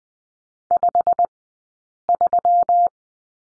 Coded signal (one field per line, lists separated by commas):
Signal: Morse code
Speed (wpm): 20 wpm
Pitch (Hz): 700 Hz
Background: none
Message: 53